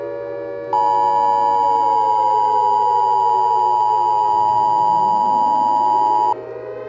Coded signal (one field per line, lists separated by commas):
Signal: Emergency Alert System (SAME) tones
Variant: 853 and 960 Hz attention tone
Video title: Amee reacts to my boyfriend Slick Eddie Mr Meat Eas Scenario Christmas special